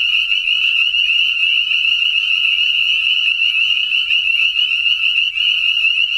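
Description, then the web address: Spring peepers in a dense chorus, countless high, piercing peeps overlapping into a steady shrill ringing that never pauses; no other sounds stand out. "peepers"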